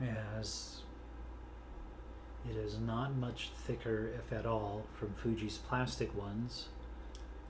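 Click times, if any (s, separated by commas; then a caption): 7.1 s. Someone talks while a metal 7artisans 18mm f6.3 UFO body cap lens is twisted onto the bayonet mount of a Fujifilm X-E or X-Pro camera body. A sharp tick at 7.2 s marks it locking solidly into place, unlike Fujifilm's plastic body caps, which do not lock.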